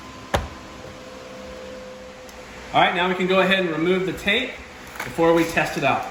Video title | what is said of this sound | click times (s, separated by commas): WINDOW LIFT ASSEMBLY (REGULATOR AND MOTOR) REPLACEMENT on a FIAT 500 ABARTH - HOW TO! | it just snaps into place all | 0.4 s